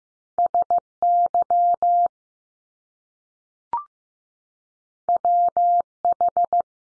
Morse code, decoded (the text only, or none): S Y W H